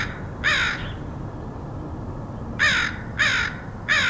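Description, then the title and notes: Crow, a single rasping caw, a long pause, then three more caws in quick succession. Crows recorded by Dan Bodah in Portland, Oregon, in August 2003. "Dronecast: Crows of Portland. Crows recorded by Dan Bodah in Portland, OR, August 2003"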